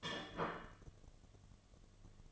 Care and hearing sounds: daily activity, microphone in the room; place plate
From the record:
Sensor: 4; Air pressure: 1005.1 hPa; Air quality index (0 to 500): 184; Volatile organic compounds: 5 ppm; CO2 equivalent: 1811 ppm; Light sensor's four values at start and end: 5/12/4/4 and 5/12/4/4

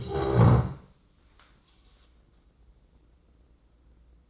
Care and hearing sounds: daily activity, microphone in the room; stand up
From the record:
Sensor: 3

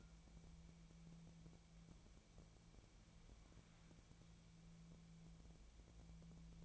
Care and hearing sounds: daily activity, microphone in the room; wipe stove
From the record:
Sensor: 1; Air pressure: 1000.6 hPa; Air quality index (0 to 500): 184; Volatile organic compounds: 4 ppm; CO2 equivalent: 1702 ppm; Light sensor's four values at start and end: 12/28/12/13 and 12/28/12/13

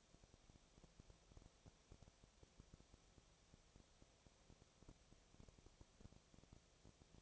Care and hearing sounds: daily activity, microphone in the room; no activity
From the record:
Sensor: 1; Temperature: 19.6 degrees Celsius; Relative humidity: 36.5%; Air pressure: 996.9 hPa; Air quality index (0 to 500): 204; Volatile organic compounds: 129 ppm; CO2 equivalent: 3921 ppm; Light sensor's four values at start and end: 1/2/1/1 and 1/2/1/1

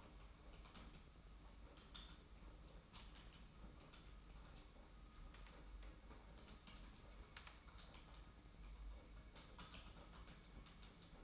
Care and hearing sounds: daily activity, microphone in the room; typing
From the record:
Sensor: 1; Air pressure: 991.7 hPa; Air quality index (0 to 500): 173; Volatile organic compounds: 1000 ppm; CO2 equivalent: 6550 ppm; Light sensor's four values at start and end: 29/100/38/39 and 29/100/38/39

